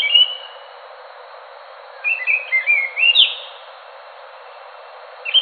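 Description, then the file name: Scaly thrush singing: a brief whistle, then a run of varied twittering, slurred notes ending on a rising whistle, and a final brief whistle, with a steady hiss behind. "anis macan. omkicau"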